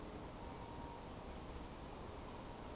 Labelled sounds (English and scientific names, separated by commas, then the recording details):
Eurasian Woodcock (Scolopax rusticola) whistle
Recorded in Baden-Württemberg, Germany, on 25 June 2020 at 19:44 UTC
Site 24578, 122 m above sea level